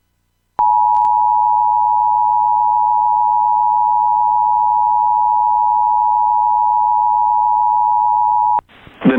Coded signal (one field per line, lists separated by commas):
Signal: Emergency Alert System (SAME) tones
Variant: 853 and 960 Hz attention tone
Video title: Xfinity Tornado Warning EAS - May 11, 2022 | MN (VHS)